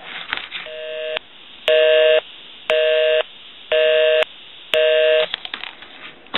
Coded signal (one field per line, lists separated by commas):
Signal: telephone call progress tone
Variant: North America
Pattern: busy tone